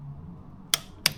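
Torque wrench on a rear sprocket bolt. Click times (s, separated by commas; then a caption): 0.7 s, 1.1 s. A torque wrench set to 16.5 is pulled on a motorcycle rear sprocket bolt and clicks twice at the setting, with sharp clicks at 0.7 s and 1.1 s over a low background hum. The bolt is torqued to spec, and the previously loose sprocket is no longer loose.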